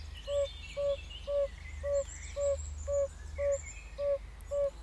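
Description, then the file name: Yellow-bellied toad giving short, mellow 'oop' notes at an even pace of roughly two per second, with faint bird chirps in the background. "Gelbbauchunke"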